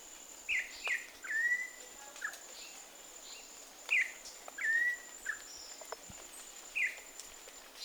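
Campo troupial short bright whistles and slurred notes in small clusters, separated by pauses of a couple of seconds, with a thin continuous high hum behind.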